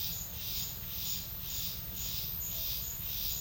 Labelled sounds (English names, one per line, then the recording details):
none
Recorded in secondary vegetation near Puerto Asís, Putumayo, Colombia, on 9 March 2025 at 10:30
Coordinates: 0.498, -76.327
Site G001